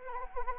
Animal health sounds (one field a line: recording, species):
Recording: mosquito wingbeat signal from an infrared sensor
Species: Anopheles arabiensis